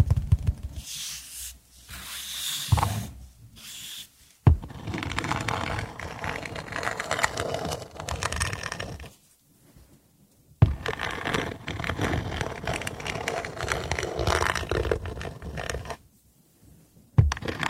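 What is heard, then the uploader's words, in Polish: Wood being rubbed and scraped, with breathy hissing bursts first, then long dense crackling strokes separated by sharp knocks and brief silences. ZAŚNIJ PRZY DŹWIĘKACH DREWNA! ASMR po polsku.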